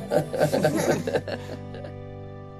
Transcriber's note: laughter